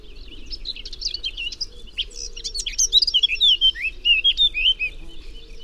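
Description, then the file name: Eurasian blackcap song, a quick scratchy warble that turns into clearer whistled, fluty phrases in its second half, with a faint low hum beneath. "Sylvia atricapilla"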